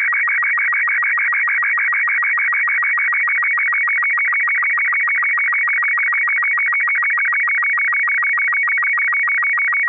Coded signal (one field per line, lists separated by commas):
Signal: SSTV (slow-scan television)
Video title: just learned how to create SSTV signals